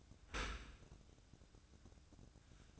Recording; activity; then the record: daily activity, microphone in the room; open dishwasher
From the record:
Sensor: 2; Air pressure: 1012.2 hPa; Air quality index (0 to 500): 147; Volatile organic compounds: 2 ppm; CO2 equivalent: 1081 ppm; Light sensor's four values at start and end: 398/984/400/406 and 398/986/401/407